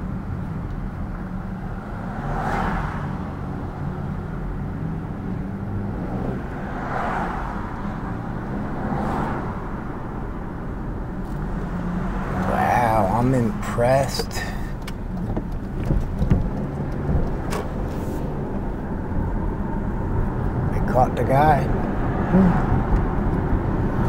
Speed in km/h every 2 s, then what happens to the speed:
8, 11, 16, 23, 29, 26, 24, 21, 32, 40, 45, 44.
0-8 speeds up to 29. 8-14 slows to 21. 14-17 speeds up to 40. 17-24 steady at about 44.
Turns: none.